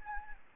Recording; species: mosquito wingbeat signal from an infrared sensor; Anopheles gambiae